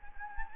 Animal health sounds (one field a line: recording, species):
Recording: mosquito wingbeat signal from an infrared sensor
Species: Anopheles gambiae